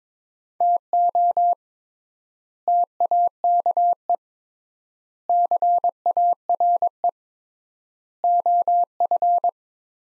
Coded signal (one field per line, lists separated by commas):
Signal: Morse code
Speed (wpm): 22 wpm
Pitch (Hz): 700 Hz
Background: none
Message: TO TAKE CARE OF